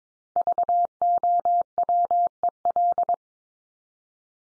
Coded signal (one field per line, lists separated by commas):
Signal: Morse code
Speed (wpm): 22 wpm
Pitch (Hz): 700 Hz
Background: none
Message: VOWEL